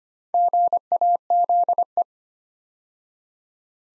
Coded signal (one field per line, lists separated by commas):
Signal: Morse code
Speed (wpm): 25 wpm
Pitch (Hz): 700 Hz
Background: none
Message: GAZE